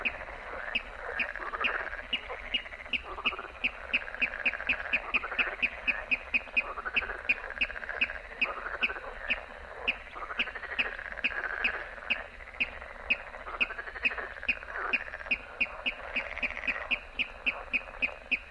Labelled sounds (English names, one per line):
Water Rail